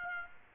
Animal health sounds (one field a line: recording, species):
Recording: mosquito wingbeat signal from an infrared sensor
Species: Aedes aegypti